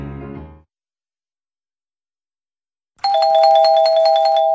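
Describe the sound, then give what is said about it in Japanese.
A bright electronic chime signalling that quiz entries have closed rings out after a brief moment of silence, sustained bell-like tones with a steady ringing pitch and shimmering overtones, loud and alone with no talking. “はい、クイズ締め切りのチャイムが鳴りました。”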